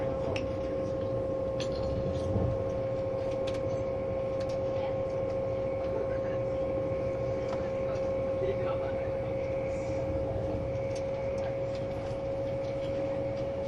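Inside a tilting intercity train running on the line, a steady low rumble fills the whole stretch with a constant whine around a single pitch. Faint clicks and brief knocks from the wheels and car body come scattered throughout, with a soft voice-like murmur in the background.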